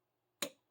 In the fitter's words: until it pops into place like you heard.